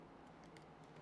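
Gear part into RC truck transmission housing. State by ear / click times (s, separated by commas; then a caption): not seated / none. A reworked plastic/metal transmission part is being handled and pressed back into its housing during a low-speed gear upgrade on a small TRX-4M RC crawler. Only faint, light ticking handling noises are heard over a steady low hum. Nothing has seated or clicked yet.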